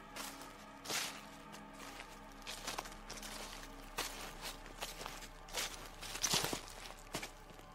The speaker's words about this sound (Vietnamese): Tiếng người đi bộ sau vườn dẫm lên lá cây sột soạt lại truyền tới.